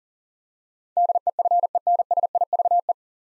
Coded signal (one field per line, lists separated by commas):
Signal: Morse code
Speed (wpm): 40 wpm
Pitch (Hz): 700 Hz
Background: none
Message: DEFENSIVE